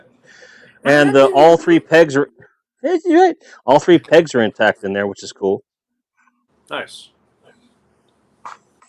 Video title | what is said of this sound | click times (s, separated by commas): Live Toy Sorting - HUGE GI JOE LOT! | snaps right in look at that boom | 8.5 s